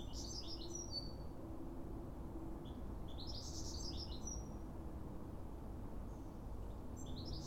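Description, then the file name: European goldfinch calls: bright, tinkling twittered bursts at the start, around three seconds and near the end, over a steady low rumble of background noise. "Carduelis carduelis"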